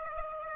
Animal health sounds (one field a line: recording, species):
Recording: mosquito wingbeat signal from an infrared sensor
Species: Aedes aegypti